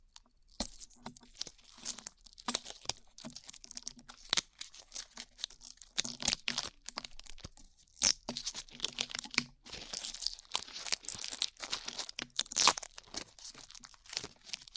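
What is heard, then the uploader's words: Glue is peeled off in dense, irregular bursts of sticky crackling and tearing, bright and crisp, with brief pauses and a faint low hum. ASMR Peeling Glue Off Your Ears (No Talking).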